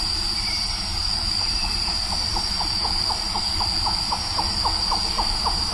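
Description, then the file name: Collared forest falcon calling in a steady series of short, mid-pitched notes, about four a second, over a constant high drone and hiss. Recorded at PP Cruce Caballero on 12 October 2014. "Micrastur-semitorquatus 2014-10-12 PP-Cruce-Caballero Jorge-La-Grotteria"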